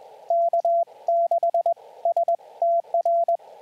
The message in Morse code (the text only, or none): K6STR